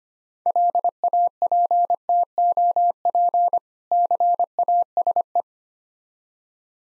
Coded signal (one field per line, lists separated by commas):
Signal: Morse code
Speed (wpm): 25 wpm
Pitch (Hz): 700 Hz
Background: none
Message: LAPTOP CASE